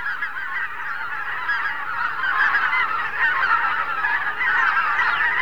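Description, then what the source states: Greater white-fronted goose: greater white-fronted geese calling as a huge flock, a dense continuous din of overlapping yelping honks with no pauses. Flocks of thousands of geese flying over a river island, making a great din; central Russia.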